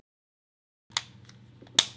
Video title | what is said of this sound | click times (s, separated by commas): BasTexWireless Cases for the Samsung Galaxy SIII / S3 | you hear a nice click when you have it in there right | 1.8 s